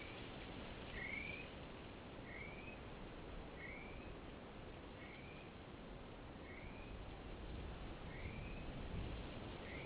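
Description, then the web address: Great spotted kiwi giving several short, thin, upslurred whistles, fairly faint amid steady background hiss and low rumble. Duet. "Great spotted kiwi GSK-duet 2-Sandy"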